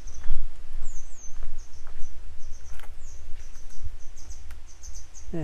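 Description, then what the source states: Grey wagtail giving high, clipped chirps and a few downward-sweeping notes, with scattered clicks, a lower sound near the end and a constant low rumble. A pair of grey wagtail parents still searching for their young today; follow-up report.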